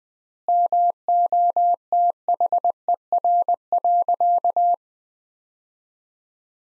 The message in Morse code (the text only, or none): MOTHER.